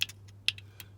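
A driver bit rides up and cams out of a cross-head screw head, giving sharp rattling clicks at 0.0 and 0.5 seconds, with fainter ticks between them over a steady low hum. The screw head is stripped by the slipping bit, as cross-head screws are designed to cam out like this so they cannot be screwed in too hard.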